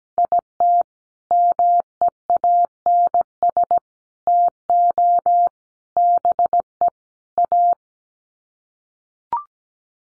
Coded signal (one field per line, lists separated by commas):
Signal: Morse code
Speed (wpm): 17 wpm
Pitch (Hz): 700 Hz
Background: none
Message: IT MEANS TO BE A